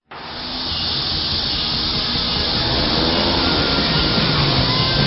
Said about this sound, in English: 比如我刚才0.3排量的大摩托 爆缸了。